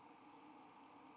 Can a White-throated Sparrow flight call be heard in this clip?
no